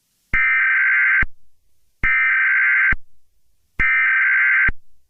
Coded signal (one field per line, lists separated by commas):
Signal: Emergency Alert System (SAME) tones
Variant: header bursts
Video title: EAS Scenario (Civil Defense)